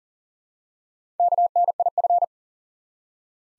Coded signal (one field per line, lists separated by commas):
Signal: Morse code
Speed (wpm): 38 wpm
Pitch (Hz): 700 Hz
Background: none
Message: KNIF